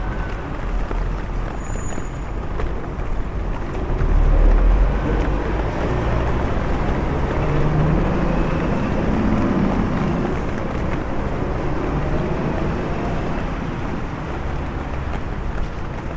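A walk through London in the rain: a dense, steady hiss fills the whole clip over a deep rumble of traffic. The rumble swells around four to five seconds, a low hum drifts in near eight to ten seconds, and a brief high squeak sounds near two seconds.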